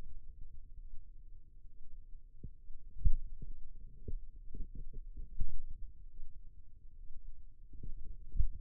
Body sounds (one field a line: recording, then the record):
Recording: forearm muscle sounds (acoustic myography)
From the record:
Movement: finger pinch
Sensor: system 2, bracelet of six BSWA MPA416 microphones around the upper forearm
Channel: 6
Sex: male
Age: 22 years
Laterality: right